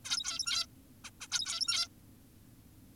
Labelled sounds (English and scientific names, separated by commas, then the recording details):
Zebra Finch (Taeniopygia guttata)
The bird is an adult
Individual g17y2U